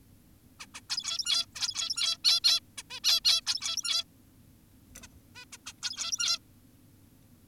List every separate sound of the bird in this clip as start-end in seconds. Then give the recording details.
0.60-0.66, 0.74-0.81, 0.90-1.46, 1.55-2.18, 2.24-2.40, 2.44-2.60, 2.78-2.83, 2.90-3.00, 3.04-3.20, 3.25-3.41, 3.47-4.04, 5.03-5.07, 5.35-5.45, 5.53-5.58, 5.66-5.73, 5.83-6.39. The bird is an adult. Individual g17y2U